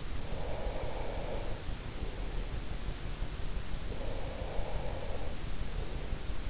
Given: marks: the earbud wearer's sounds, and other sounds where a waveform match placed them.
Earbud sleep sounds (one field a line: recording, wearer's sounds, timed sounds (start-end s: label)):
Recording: sounds in sleep by an in-ear microphone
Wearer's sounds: breath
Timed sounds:
0.14-1.75 s: breath
3.86-6.31 s: breath